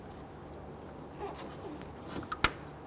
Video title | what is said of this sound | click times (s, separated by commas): How to Replace Radiator 2011-2017 Nissan Quest | press that in that's going to lock into place | 2.4 s